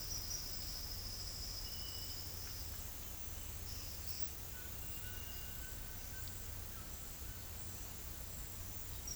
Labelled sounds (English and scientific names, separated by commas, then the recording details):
none
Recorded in pastures near Puerto Asís, Putumayo, Colombia, on 8 March 2025 at 09:30
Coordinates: 0.472, -76.329
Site G074